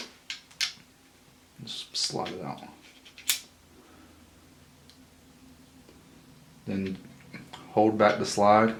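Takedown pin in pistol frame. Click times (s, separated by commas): 0.3 s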